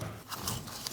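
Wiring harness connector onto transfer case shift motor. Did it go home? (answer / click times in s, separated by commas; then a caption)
yes / 0.9 s. A wiring harness electrical connector is pushed onto the transfer case shift motor of a 2011-2026 Dodge Durango 5.7L V8. Brief knocks and rustling come at about 0.0 s and 0.5 s, then a short, sharp click at 0.9 s as the connector seats and locks.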